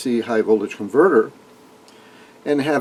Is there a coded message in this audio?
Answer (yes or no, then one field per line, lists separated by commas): no